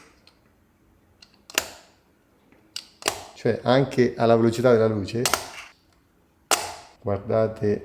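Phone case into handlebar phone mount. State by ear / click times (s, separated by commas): seated / 1.6 s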